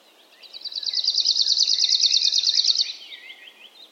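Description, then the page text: Arctic warbler delivering a level, buzzy trill of quick identical notes for about two and a half seconds, while other birds twitter softly lower in pitch beneath it. Rare bird; song usually heard in dense, impenetrable woodland thickets; described as an even ringing or trilling sound. "Suomen Luonto. Lapinuunilintu helskyttelee pöpelikössä. Harvinaisen lapinuunilinnun (Phylloscopus borealis) laulun voi päästä hyvällä tuurilla kuulemaan – usein läpitunkemattomassa metsäryteikössä. Se on tasainen helinä tai sirinä. Lapinuunilinnun äänitti Lauri Hallikainen. Kultasointu"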